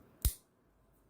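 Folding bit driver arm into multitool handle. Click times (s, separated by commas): 0.2 s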